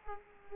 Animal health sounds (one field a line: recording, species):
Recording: mosquito wingbeat signal from an infrared sensor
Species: Culex quinquefasciatus